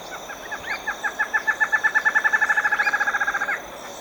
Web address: Natures Songs S America Birds of Ecuador 25 Lined Antshrike